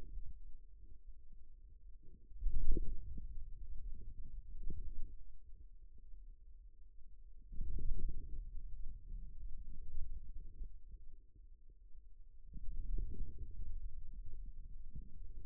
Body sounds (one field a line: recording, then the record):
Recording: forearm muscle sounds (acoustic myography)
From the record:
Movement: wrist extension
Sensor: system 2, bracelet of six BSWA MPA416 microphones around the upper forearm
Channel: 5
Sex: male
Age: 22 years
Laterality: right